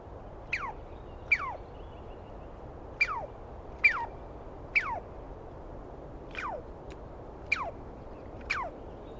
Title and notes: On the morning of 21 April, 2017, I set up my microphones and recorder for a nice dawn recording in the East Cascades. I was started awake by a screaming Douglas Pine Squirrel